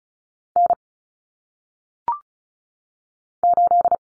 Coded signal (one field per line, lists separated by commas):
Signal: Morse code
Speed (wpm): 36 wpm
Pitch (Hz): 700 Hz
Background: none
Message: N 8